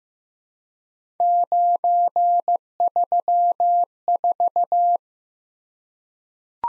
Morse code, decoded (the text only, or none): 934